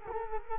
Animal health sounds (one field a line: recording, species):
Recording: mosquito wingbeat signal from an infrared sensor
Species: Culex quinquefasciatus